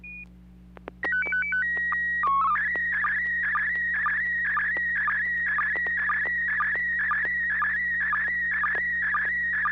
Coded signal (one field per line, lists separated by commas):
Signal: SSTV (slow-scan television)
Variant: PD 120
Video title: N6NA SSTV Net - 02/12/2025